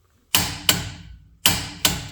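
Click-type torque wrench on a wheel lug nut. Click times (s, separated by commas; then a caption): 0.3 s. A 1/2-inch drive click-type torque wrench tightens a wheel lug nut on a truck rim, on a Sierra or Toyota Tacoma SR5, until it clicks at the set torque. Four sharp metallic clicks are heard at about 0.3, 0.7, 1.5 and 1.8 seconds, each with a bright ringing decay. The wrench clicks at its setting at 0.3 seconds.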